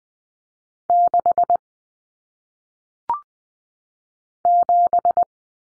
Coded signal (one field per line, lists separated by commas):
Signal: Morse code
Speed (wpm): 20 wpm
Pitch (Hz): 700 Hz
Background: none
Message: 6 7